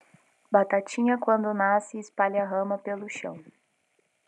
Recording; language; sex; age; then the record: short text; Brazilian Portuguese; female; 30 to 39 years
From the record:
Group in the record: control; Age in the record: 30 years